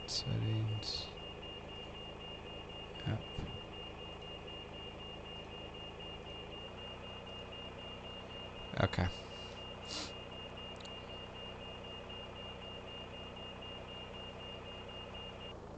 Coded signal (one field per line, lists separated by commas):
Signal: none